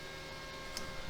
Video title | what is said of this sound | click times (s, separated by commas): Battlestar Galactica build part 3 | It literally just snaps into place, so I can leave that off. | 0.8 s